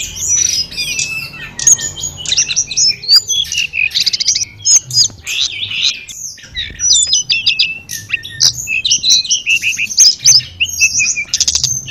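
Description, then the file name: Sunda robin song with multiple birds trading rapid high chirps and twittering phrases in short bursts. Five tledekan birds singing together. "audio-gathering-5-ekor-tledekan"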